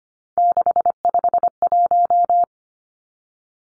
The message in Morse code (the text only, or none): 651